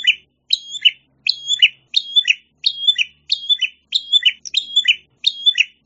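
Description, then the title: Prinia giving a steady series of several quick high phrases of sharp, slightly buzzy notes that drop at the end; nothing else audible. "prenjak"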